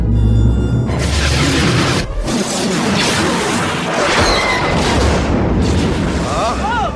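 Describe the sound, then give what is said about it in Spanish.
A massive sci-fi superlaser blast erupts in a loud, sustained roar of booming, crackling rumble that fills several seconds, ending with faint high sweeping tones over the din. “Ese disparo proviene de la Estrella de la Muerte.”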